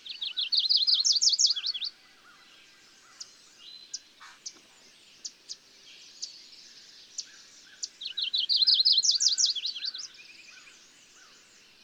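Bird song: a bright, rapid rolling trill opens, sharp scattered high chirps follow, and a second rippling trill returns near the end.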